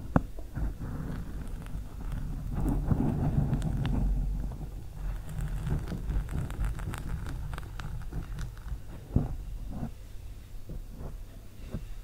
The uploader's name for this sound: SLOW MIC SCRATCHING W LONG NAILS